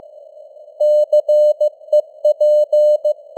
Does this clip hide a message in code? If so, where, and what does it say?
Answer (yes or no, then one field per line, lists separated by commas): yes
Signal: Morse code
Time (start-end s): 0.8-3.1 s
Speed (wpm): 15 wpm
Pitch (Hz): 600 Hz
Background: none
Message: CEP